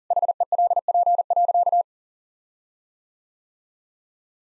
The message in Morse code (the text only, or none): HELP.